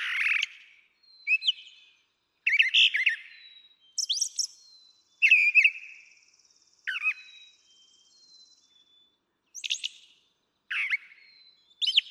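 Brown Thrasher song, scattered varied phrases of sharp chirps and slurred notes with longer silent gaps between some of them.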